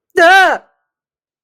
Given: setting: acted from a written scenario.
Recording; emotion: vocal sound without words; fear